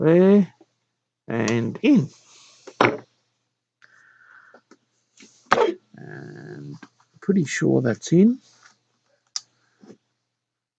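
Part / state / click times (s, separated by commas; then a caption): small tuner component into a vintage television tuner assembly / partly seated / 9.4 s. A small tuner component is pressed into the tuner assembly of a 1963 Kriesler television while someone talks. A click at 9.4 seconds, but the part is still not fully seated, so it only partly went in.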